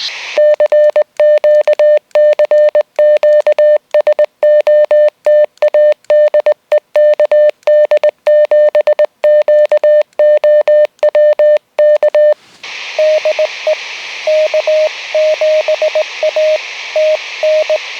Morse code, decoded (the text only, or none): CQ CQ SOTA DE KD7QOW K DE K7A TN